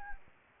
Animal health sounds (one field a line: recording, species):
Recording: mosquito wingbeat signal from an infrared sensor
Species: Anopheles gambiae